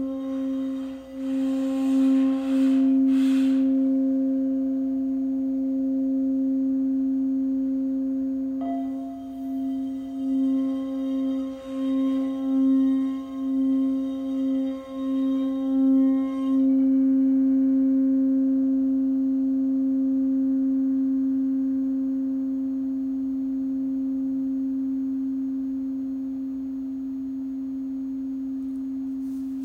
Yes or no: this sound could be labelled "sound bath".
yes